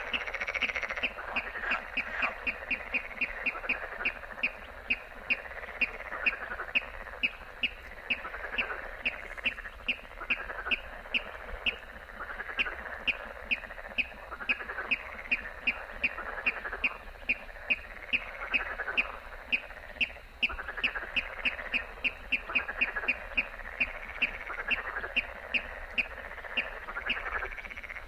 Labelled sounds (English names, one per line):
Water Rail